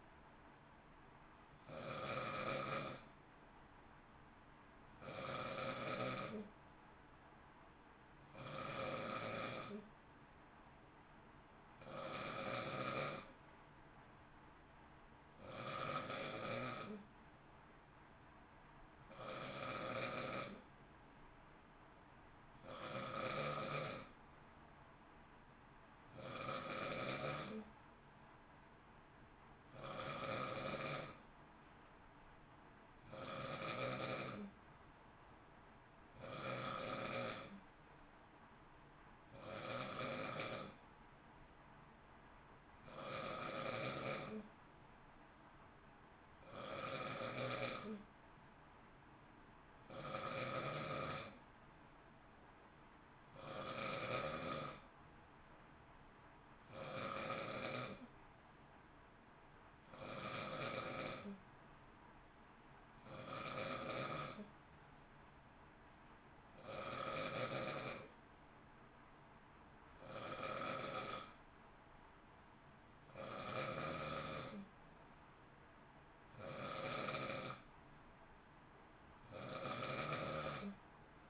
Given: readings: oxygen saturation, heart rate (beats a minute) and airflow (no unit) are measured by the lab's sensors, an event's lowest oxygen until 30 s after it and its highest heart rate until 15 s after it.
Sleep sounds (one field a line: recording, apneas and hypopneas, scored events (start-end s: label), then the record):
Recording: breathing in sleep by a voice recorder at the bedside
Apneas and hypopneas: none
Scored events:
33.00-81.30 s: new sleep stage, N2 (light sleep)
From the record:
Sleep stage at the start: N1 (lightest sleep)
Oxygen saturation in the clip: 91 to 92%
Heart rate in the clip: 55 to 59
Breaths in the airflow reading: 29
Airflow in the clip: -0.7 to 0.7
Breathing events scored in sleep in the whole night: 328 in 6.3 hours asleep